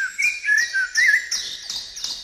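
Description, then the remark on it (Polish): A common blackbird sings in the evening as the sun sets and a city grows quieter, a steady run of mellow, fluted whistled phrases, each followed by thinner, higher twittering notes, with no voices present. “I rzeczywiście, kiedy miasto zaczyna troszeczkę cichnąć, słońce zaczyna zachodzić i w tej chwili słychać takie flety kosa.”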